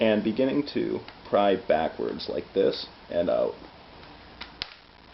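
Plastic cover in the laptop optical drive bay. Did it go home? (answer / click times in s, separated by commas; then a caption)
released / 4.6 s. Someone talks while prying a plastic filler cover backwards out of a Dell XPS laptop's optical drive bay. The cover comes free with a sharp snap at 4.6 s, followed by quiet.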